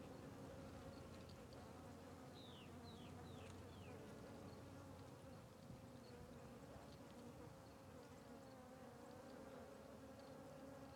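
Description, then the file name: Fly: flies buzzing in a steady, low droning hum, while a few short, descending whistled notes sound between two and four seconds. Flies circling a tree on the Sertão Zen trail; natural ambience recording. "Ambiencia na Trilha do Sertao Zen com Moscas Circudando Arvore"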